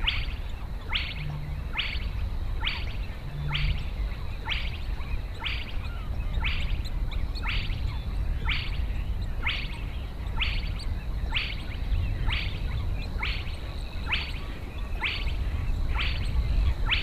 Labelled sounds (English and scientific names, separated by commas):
Spotted Crake (Porzana porzana) song